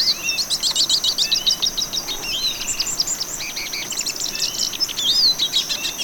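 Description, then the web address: Olivaceous Siskin song, a fast jumble of high twitters, chirps and short buzzy slurs, over a steady thin insect whine. Ecuador. "Birds of Ecuador Olivaceous Siskin"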